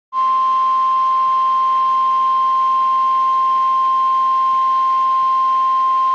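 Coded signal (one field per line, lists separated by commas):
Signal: Emergency Alert System (SAME) tones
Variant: 1050 Hz attention tone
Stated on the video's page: Severe thunderstorm warning from NOAA weather radio station WXK36 Tyler Texas.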